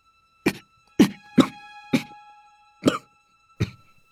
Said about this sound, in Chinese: 说到最后难以为继，明显剧烈地咳嗽起来，血从口鼻眼耳溢出，眼神开始涣散。